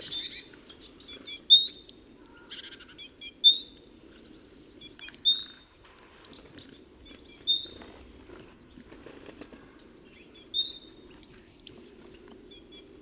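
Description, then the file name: Great tit calling with short high sharp notes and quick upswept chips in loose bursts every second or two, a faint low hum underneath. "Parus major"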